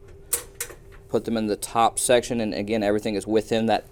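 The front end of a metal sliding rail for a Dell PowerEdge R650xs server is hooked onto the rack post, with its two pegs going into the top holes. Two sharp clicks at 0.3 s and 0.6 s mark the rail locking into place, and then someone talks.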